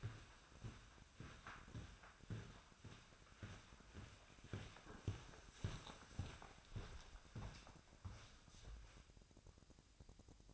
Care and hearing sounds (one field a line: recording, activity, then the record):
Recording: daily activity, microphone in the room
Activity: walk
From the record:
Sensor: 2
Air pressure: 1009.2 hPa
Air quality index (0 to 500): 178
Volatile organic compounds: 2 ppm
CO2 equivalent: 1302 ppm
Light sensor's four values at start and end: 46/121/52/57 and 48/124/53/59